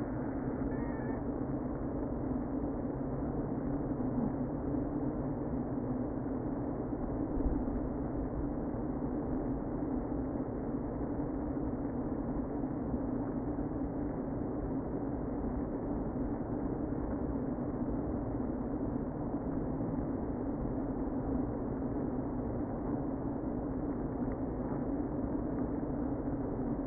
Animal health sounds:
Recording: honeybee colony, microphone inside the hive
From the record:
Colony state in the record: queen present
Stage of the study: before two queens were removed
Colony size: about 60,000 bees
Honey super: yes

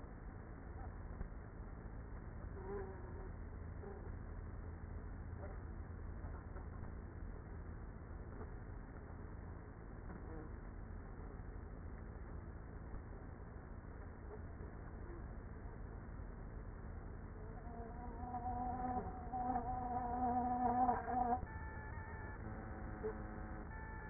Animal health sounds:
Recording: honeybee colony, microphone inside the hive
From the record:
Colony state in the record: queenless with a low population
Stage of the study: after two queens were removed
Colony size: about 30,000 bees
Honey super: no

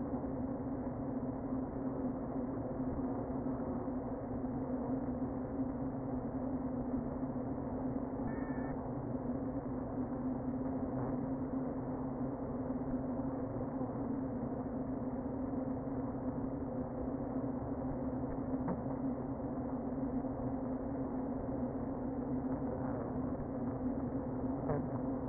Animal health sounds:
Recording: honeybee colony, microphone inside the hive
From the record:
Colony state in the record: queen present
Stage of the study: before two queens were removed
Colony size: about 60,000 bees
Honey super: yes

